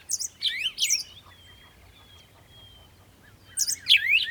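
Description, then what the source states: Bird calls: quick high chirps at the start, a thin drawn-out whistle in the middle, then another burst of sharp chirps. At a water hole in the early morning, bird close.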